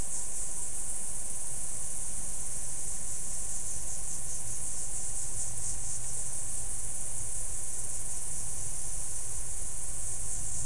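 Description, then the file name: Insect chorus, a steady high-pitched shimmering drone that holds without a break, over a constant low rumble. "mainly insect"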